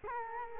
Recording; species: mosquito wingbeat signal from an infrared sensor; Culex quinquefasciatus